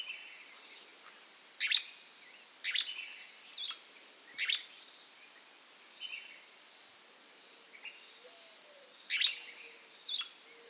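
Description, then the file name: Gray flycatcher giving abrupt, sharp call notes at irregular intervals, with soft background notes and a faint low whistle. "American Grey Flycatcher Empidonax wrightii"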